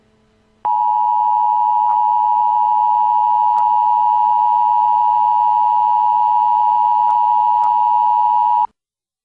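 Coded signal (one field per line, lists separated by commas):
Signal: Emergency Alert System (SAME) tones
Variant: 853 and 960 Hz attention tone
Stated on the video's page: NWS Jackson severe thunderstorm warning EAS alert.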